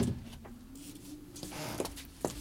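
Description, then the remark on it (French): A car pulls up, its engine a steady low hum beneath bursts of hiss and a few soft clunks, with a sharper knock near the end. “j'ai entendu la voiture.”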